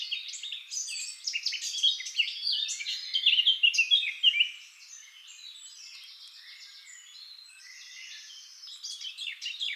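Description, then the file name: Eurasian blackcap pouring out a long, loud, hurried warble for about four seconds, then a much quieter, thin twittering fills the rest. "Sylvia atricapilla"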